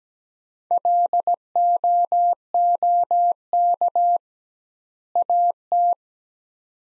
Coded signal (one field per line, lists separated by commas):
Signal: Morse code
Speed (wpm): 17 wpm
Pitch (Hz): 700 Hz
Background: none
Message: LOOK AT